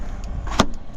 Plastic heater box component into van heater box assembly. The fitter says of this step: I've already put this in once and it does go with quite a satisfying click